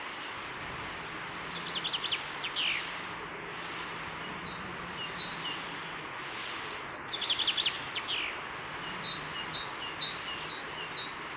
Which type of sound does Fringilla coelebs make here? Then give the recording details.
song. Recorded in the wild. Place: Oberstdorf, Bayern, DE. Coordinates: 47.446, 10.3002. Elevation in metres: 953. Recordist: Tretzel, Erwin